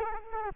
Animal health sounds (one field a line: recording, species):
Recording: mosquito wingbeat signal from an infrared sensor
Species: Culex quinquefasciatus